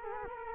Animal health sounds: mosquito wingbeat signal from an infrared sensor; Culex quinquefasciatus

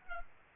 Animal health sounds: mosquito wingbeat signal from an infrared sensor; Culex pipiens

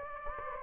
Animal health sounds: mosquito wingbeat signal from an infrared sensor; Anopheles gambiae

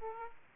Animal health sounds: mosquito wingbeat signal from an infrared sensor; Aedes aegypti

